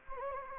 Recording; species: mosquito wingbeat signal from an infrared sensor; Anopheles gambiae